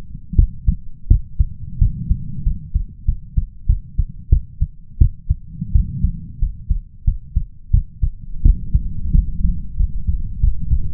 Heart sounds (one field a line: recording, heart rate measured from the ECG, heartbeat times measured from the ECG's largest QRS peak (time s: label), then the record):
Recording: heart sounds by stethoscope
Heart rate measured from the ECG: 90 bpm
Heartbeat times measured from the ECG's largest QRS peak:
0.36 s: heartbeat
1.08 s: heartbeat
1.78 s: heartbeat
2.43 s: heartbeat
3.05 s: heartbeat
3.66 s: heartbeat
4.29 s: heartbeat
4.98 s: heartbeat
5.72 s: heartbeat
6.39 s: heartbeat
7.04 s: heartbeat
7.71 s: heartbeat
8.42 s: heartbeat
9.12 s: heartbeat
9.76 s: heartbeat
10.40 s: heartbeat
From the record:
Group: healthy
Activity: cold pressor test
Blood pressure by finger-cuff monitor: 127/87 mmHg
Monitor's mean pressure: 102 mmHg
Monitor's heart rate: 88 bpm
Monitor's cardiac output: 6.6 L/min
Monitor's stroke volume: 75 mL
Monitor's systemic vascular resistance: 1120 dyn s/cm5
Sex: male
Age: 21 years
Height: 180 cm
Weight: 67.5 kg